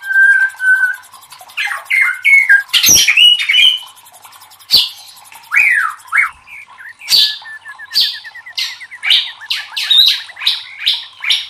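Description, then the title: White-rumped shama song, varied and fast: clear whistles, slurred notes, sharp clicks and harsh bursts, with a rattling run of quick notes in the middle. Used to train cage birds (masteran). "MASTERAN MURAI BATU LABAIK"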